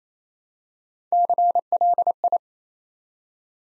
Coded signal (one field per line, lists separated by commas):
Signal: Morse code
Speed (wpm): 27 wpm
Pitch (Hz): 700 Hz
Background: none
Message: CLI